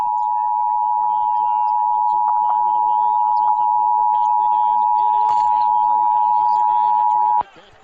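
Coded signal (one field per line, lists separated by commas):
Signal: Emergency Alert System (SAME) tones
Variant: 853 and 960 Hz attention tone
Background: speech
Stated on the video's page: Emergency alert tones from recordings of a missile alert, a zombie invasion alert, a J-Alert, and a train alert, not originally recorded by this uploader.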